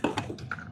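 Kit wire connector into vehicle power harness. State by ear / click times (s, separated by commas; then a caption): seated / 0.5 s. A wire connector from a Tesla blind spot monitoring and ambient light kit is pushed into the vehicle's power harness. Several short taps and rustles are heard, then a sharp bright click at 0.5 s. The connector seats with a click.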